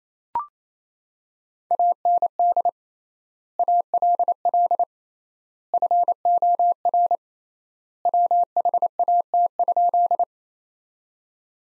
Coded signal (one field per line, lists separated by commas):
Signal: Morse code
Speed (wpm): 28 wpm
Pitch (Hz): 700 Hz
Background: none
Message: AND ALL FOR WHAT?